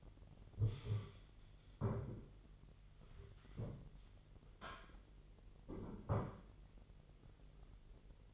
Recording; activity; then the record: daily activity, microphone in the room; stand up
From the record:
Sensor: 4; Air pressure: 999.3 hPa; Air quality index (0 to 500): 115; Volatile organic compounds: 2 ppm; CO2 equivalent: 1131 ppm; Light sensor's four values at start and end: 12/29/12/12 and 12/29/12/12